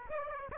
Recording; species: mosquito wingbeat signal from an infrared sensor; Aedes aegypti